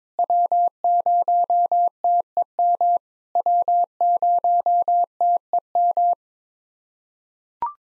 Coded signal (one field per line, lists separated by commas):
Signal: Morse code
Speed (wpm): 22 wpm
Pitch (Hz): 700 Hz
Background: none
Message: W0TEM W0TEM